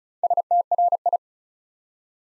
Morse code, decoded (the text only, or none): STRI